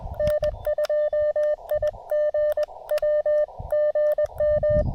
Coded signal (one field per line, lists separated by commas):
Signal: Morse code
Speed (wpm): 20 wpm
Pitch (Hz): 590 Hz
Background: none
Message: N2IGW GM